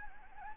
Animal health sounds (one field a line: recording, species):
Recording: mosquito wingbeat signal from an infrared sensor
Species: Anopheles gambiae